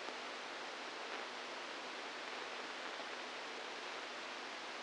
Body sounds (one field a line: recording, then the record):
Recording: brain microelectrode recording played as sound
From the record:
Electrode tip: outside the subthalamic nucleus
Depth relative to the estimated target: -3 mm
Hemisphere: right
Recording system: NeuroSet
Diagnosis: Parkinson's disease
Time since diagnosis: 8 years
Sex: male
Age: 46 years